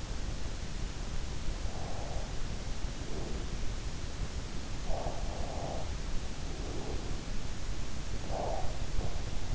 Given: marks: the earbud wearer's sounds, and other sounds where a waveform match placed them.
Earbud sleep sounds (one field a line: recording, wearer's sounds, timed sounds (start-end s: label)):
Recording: sounds in sleep by an in-ear microphone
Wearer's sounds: breath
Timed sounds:
0.03-2.61 s: breath
3.42-6.29 s: breath
6.83-9.55 s: breath